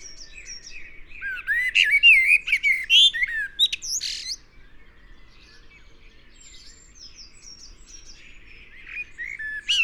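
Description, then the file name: Eurasian blackbird song: a rich fluted phrase breaking into shrill twittering notes, then a long stretch of soft, faint warbling before a loud note at the end. "Turdus merula"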